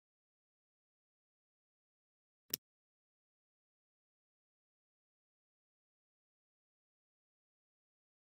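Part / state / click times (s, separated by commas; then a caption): Wi-Fi antenna coaxial connector onto the flight computer board's antenna input / seated / 2.5 s. A Wi-Fi antenna coaxial lead is pushed onto one of the two small round RF connector inputs on the back of a ModalAI VOXL Flight drone flight computer board. In near silence, a single sharp click sounds at 2.5 s as the connector seats.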